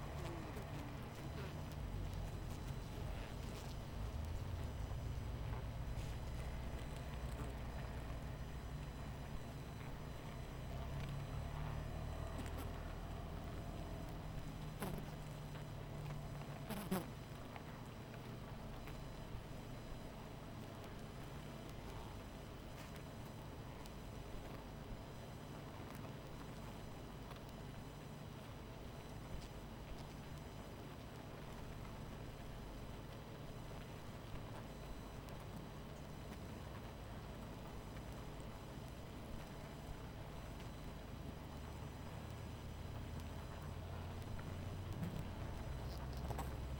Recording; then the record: honeybee colony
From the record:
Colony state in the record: missing queen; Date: 14 July 2017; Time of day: 22:21